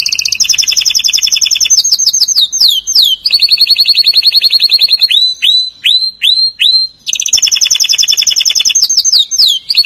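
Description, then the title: Atlantic canary song: continuous loud rolling trills switching pitch, broken by series of sharp downslurred notes, then another fast pulsed trill. "Kenari"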